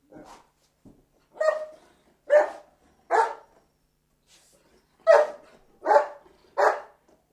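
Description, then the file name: Dog giving single barks, about eight in all (the first two faint), spaced roughly a second apart with a gap of about two seconds midway, each bark sharp and harsh against a silent background. "Hundebellen"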